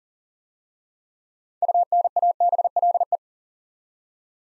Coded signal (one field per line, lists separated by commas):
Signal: Morse code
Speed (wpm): 40 wpm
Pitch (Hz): 700 Hz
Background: none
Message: UNABLE